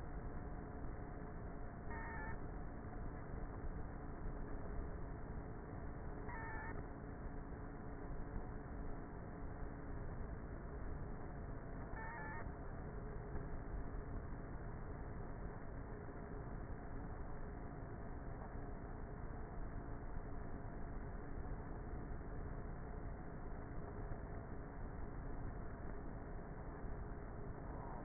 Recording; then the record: honeybee colony, microphone inside the hive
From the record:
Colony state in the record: queenless with a low population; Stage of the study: before two queens were removed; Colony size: about 30,000 bees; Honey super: no